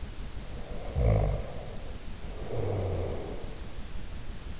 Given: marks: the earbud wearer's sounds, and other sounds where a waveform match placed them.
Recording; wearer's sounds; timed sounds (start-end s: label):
sounds in sleep by an in-ear microphone; snoring breath
0.50-3.64 s: snoring breath